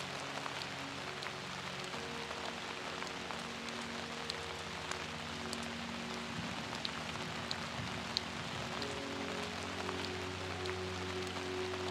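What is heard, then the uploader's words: Steady rain patters across the whole twelve seconds, a dense even hiss dotted with brighter drop clicks. Underneath, soft sustained low piano tones hold and shift slowly, with a fuller swell of notes around the middle and again near the end. Peaceful Music with Rain Sounds. A steady rain with a peaceful piano melody.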